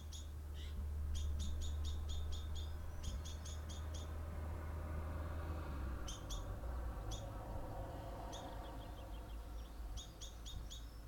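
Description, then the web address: Bird chirps: scattered bursts of quick high notes with long gaps, over a loud low traffic drone. Recorded with cars passing by. "wikipedia commons Birds songs and cars passing by"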